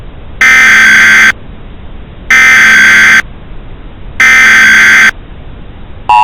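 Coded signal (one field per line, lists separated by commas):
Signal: Emergency Alert System (SAME) tones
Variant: header bursts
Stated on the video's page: Fictional California earthquake EAS scenario as it would sound on radio, with valid tones.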